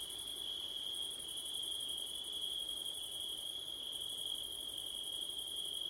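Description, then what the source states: Cricket: steady high trilling throughout, with a thin pulsing shimmer above it that swells and fades slightly. Crickets recorded on a September night with wind, using a Blumlein stereo microphone pair.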